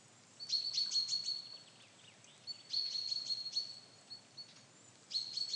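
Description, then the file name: Common chaffinch calls in rapid clusters of high, thin notes, three main bursts, against a faint steady hiss. "Fringilla coelebs"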